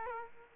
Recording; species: mosquito wingbeat signal from an infrared sensor; Aedes aegypti